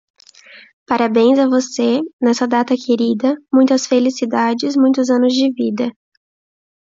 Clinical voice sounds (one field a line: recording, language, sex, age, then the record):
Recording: short text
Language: Brazilian Portuguese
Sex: female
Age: 18 to 19 years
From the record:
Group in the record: control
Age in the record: 18 years